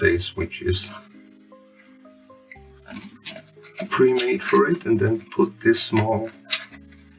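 A small plastic camera retainer is being handled over the camera module in a Battery SeedSigner+ device case, where it will snap in to keep the camera from pulling out when the ribbon cable is bent over. Someone talks, then music plays with a few faint ticks. Nothing has seated or clicked yet.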